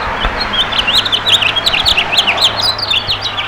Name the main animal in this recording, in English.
House Finch